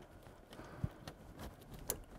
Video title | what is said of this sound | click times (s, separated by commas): Tech Garage - Ep 1712 | there's the click | 1.9 s